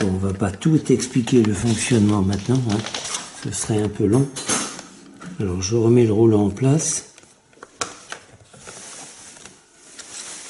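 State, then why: Seated. Someone talks while the brush roller of a Kärcher FCV 3 cordless wet-dry floor cleaner is put back into the floor head and turned clockwise to lock it. A series of short clicks and clatters follows after the talk stops, with the loudest click at 7.8 s as the roller locks into place.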